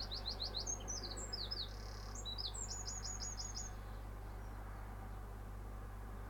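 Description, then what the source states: Bird song of quick high chirps and short trills in rapid repeated series for about four seconds, over a steady low traffic rumble. Bird singing in the morning with cars in the background.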